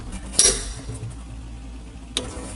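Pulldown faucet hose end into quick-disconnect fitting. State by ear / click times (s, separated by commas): seated / 0.4 s, 2.2 s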